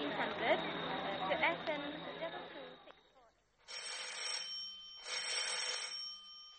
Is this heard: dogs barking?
no